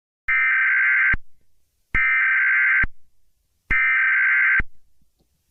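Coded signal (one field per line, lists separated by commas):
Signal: Emergency Alert System (SAME) tones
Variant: header bursts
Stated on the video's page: Simulated emergency alerts edited into horror game footage, including child abduction, civil danger, law enforcement warning and emergency action notification.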